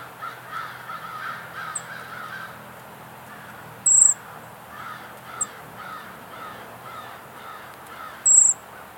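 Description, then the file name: Brown creeper calling with sharp, thin, very high notes, a few seconds apart, while crows caw repeatedly in the background. "Certhia americana - Brown Creeper"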